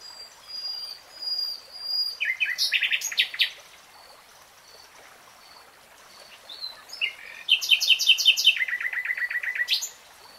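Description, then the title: Nightingale song in two bursts: rapid rattling trills and buzzy repeated notes, separated by a quiet pause with a faint high whistle in the background. Real-time recording. "[Tiếng chim hót] REALTIME Nightingale Singing"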